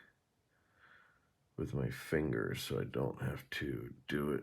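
A small metal pivot screw is started by hand into a knife pivot while the knife is held up, with only faint quiet handling sounds in the first 1.5 seconds before someone talks over the rest of the clip. The thread does not catch, and nothing has seated or clicked yet.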